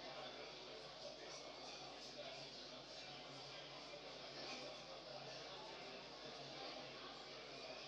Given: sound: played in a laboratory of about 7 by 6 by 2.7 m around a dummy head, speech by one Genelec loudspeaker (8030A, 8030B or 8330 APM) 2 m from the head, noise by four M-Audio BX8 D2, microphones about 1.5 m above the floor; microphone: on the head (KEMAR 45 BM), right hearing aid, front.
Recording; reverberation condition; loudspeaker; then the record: cafeteria noise; medium; four, about 170 cm from the corners of the room and facing them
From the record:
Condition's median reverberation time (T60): about 510 ms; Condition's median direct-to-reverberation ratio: about -0.5 dB